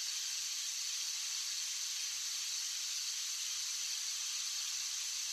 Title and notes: 17 Minute Rosary - WEDNESDAY - Glorious - CICADA SONG. outdoor sounds of cicadas singing on a warm summer night